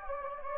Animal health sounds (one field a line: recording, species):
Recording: mosquito wingbeat signal from an infrared sensor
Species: Anopheles gambiae